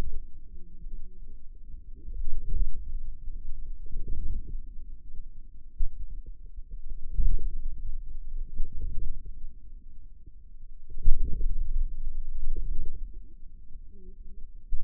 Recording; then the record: forearm muscle sounds (acoustic myography)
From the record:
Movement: inward rotation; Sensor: system 2, bracelet of six BSWA MPA416 microphones around the upper forearm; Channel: 6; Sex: female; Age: 21 years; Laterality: right